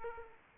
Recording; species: mosquito wingbeat signal from an infrared sensor; Aedes aegypti